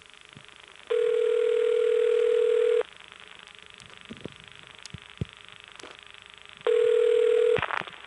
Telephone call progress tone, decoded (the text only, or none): ringback tone